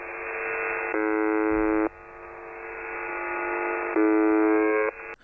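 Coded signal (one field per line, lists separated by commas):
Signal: channel marker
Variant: UVB-76 (The Buzzer)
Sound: two harsh, low, one-second buzzes about three seconds apart, over shortwave hiss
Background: radio static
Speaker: The buzzer is located at 4625 kHz. And before we talk about it, let's listen to it first.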